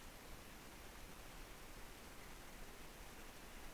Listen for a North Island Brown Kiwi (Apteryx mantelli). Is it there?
no